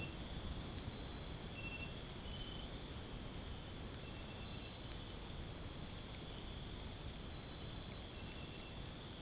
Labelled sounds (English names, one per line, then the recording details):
none
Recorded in dense forest near Puerto Asís, Putumayo, Colombia, on 29 June 2025 at 01:00
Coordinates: 0.503, -76.323
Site G059